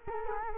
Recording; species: mosquito wingbeat signal from an infrared sensor; Culex quinquefasciatus